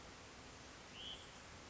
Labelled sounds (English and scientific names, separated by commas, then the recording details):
Hutton's Vireo (Vireo huttoni)
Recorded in Sonoma County, California